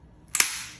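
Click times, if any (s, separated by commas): 0.4 s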